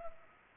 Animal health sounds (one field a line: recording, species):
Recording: mosquito wingbeat signal from an infrared sensor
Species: Culex pipiens